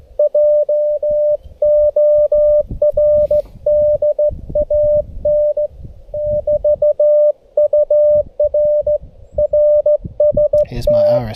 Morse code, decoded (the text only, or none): JORDAN 4 UR RST